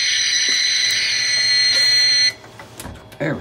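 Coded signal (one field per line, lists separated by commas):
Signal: 300-baud modem data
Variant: 300 baud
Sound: steady harsh high-pitched carrier tone around 2 kHz for two seconds, then cut off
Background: faint background noise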